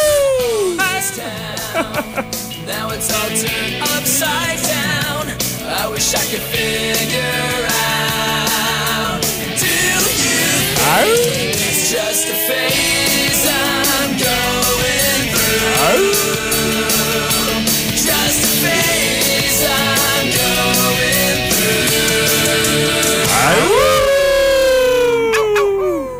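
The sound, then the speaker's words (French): A voice imitates a werewolf, letting out several long, wavering howls that rise and fall in pitch over a loud, dense wash of music-like sound that continues throughout. “Imite-nous un loup-garou à la place. On va faire comme si t'étais un loup-garou, OK?”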